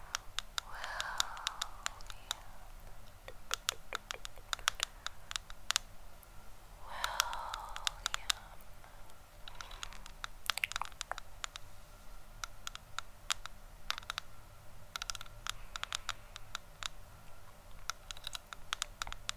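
Camera tapping: quick, irregular clicks and taps in clusters throughout, with brief scraping rustles near one and seven seconds over a low hum.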